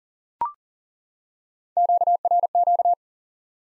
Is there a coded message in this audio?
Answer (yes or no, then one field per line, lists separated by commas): yes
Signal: Morse code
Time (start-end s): 1.8-2.9 s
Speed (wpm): 40 wpm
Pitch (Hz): 700 Hz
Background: none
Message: QRQ